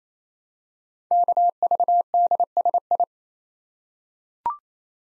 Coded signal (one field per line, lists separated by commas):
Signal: Morse code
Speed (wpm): 27 wpm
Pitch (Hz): 700 Hz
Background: none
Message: KVDSI